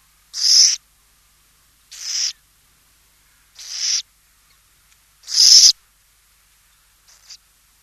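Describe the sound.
Burrowing owl rasping hisses: four harsh, breathy bursts spaced roughly every one and a half seconds, followed by a faint fifth one.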